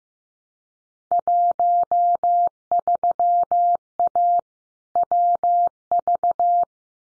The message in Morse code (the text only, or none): 13A WV